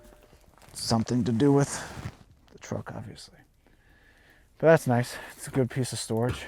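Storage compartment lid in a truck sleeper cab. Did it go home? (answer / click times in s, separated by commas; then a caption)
no / none. A storage compartment lid in the sleeper cab of a 2025 Western Star semi truck is being handled while someone talks, with a few faint knocks near 0.6 s and 3.7 s. Nothing has seated or clicked yet; the clip ends before the lid latches shut.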